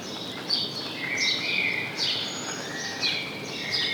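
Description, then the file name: House sparrow giving several sharp chirps in irregular succession over soft outdoor hiss. "Passer domesticus"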